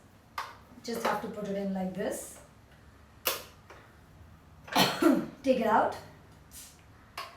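A whisk/beater attachment is taken out of a hand mixer and pushed back into its socket while someone talks. Short knocks are heard at about 0.4, 3.3 and 3.7 seconds. The beater clicks and seats in the mixer socket at 7.2 seconds.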